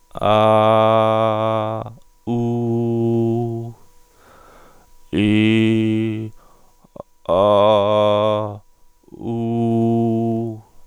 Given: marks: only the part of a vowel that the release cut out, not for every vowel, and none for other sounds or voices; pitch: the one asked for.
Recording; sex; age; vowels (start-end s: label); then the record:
sustained vowels; male; 30 to 39 years
0.38-1.56 s: vowel /a/, high pitch
2.38-3.40 s: vowel /u/, high pitch
5.27-6.06 s: vowel /i/, low pitch
7.39-8.34 s: vowel /a/, low pitch
9.35-10.41 s: vowel /u/, low pitch
From the record:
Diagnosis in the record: spasmodic dysphonia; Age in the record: 35 years